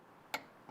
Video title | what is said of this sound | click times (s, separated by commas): Tech Garage 2211 | that click that audible click or the head kind of given out a little bit either way you know you're there | 0.3 s